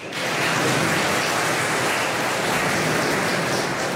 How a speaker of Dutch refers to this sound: Applaus in de rijtuigenloods in Amersfoort op de allereerste ledenbijeenkomst van Nieuw Sociaal Contract.